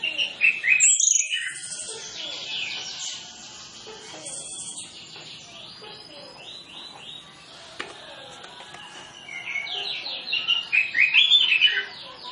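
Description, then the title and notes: Orange-headed Thrush song: loud bursts of sharp whistled notes sweeping between mid and high pitch, at the start and again near the end, over steady softer chatter. Master tutor recording of full 'isian' fill-in song, used as a lure so Orange-headed Thrushes quickly start singing fully (ngeplong). "Masteran Anis Kembang Full Isian Untuk Suara Pancingan Anis Kembang Agar Cepat Ngeplong. Suara Burung Anis Kembang"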